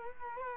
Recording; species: mosquito wingbeat signal from an infrared sensor; Culex quinquefasciatus